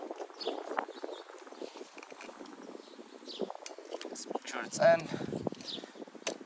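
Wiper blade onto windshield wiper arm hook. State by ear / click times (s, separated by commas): seated / 6.3 s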